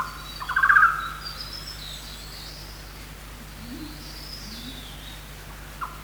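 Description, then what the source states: Golden-naped barbet call: one short rattling burst at the start, then quiet with faint high sounds and a constant low hum. Recorded 1 March 2008.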